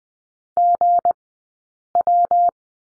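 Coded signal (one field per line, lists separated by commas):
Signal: Morse code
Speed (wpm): 20 wpm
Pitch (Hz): 700 Hz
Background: none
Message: GW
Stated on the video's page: Morse code course lesson on the letter G in two-character groups, Farnsworth spacing 20/10 wpm.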